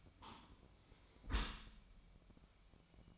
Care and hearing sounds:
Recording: daily activity, microphone in the room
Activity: close dishwasher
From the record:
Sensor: 1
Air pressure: 1003.1 hPa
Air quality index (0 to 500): 196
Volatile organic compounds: 6 ppm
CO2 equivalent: 1876 ppm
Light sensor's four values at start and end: 17/42/18/21 and 17/43/18/21

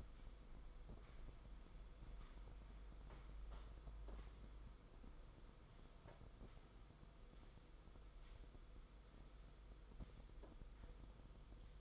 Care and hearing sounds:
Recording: daily activity, microphone in the room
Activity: sweep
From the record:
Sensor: 5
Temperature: 22.3 degrees Celsius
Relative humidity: 52.2%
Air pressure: 990.7 hPa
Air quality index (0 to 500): 163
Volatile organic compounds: 287 ppm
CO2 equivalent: 4452 ppm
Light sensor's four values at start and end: 42/130/50/53 and 42/130/50/53

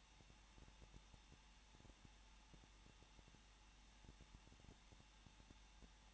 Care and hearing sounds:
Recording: daily activity, microphone in the room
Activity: no activity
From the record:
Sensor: 1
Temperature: 20.1 degrees Celsius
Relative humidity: 39.4%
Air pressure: 1006.4 hPa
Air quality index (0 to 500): 219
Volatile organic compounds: 81 ppm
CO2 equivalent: 3615 ppm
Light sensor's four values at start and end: 1/2/1/1 and 1/2/1/1

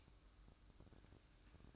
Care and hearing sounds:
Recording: daily activity, microphone in the room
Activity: light off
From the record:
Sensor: 2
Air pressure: 1007.7 hPa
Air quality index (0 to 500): 74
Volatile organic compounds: 1 ppm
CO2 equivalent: 633 ppm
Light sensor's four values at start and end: 8/20/8/8 and 8/20/8/8

